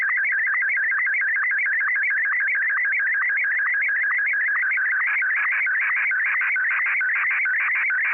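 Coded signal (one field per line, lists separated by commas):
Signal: SSTV (slow-scan television)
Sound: warbling, chirping tone with a steady rapid tick of low sync pulses throughout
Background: radio hiss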